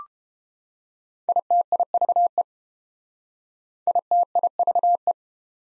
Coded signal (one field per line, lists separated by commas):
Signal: Morse code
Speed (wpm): 30 wpm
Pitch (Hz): 700 Hz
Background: none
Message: ITIVE ITIVE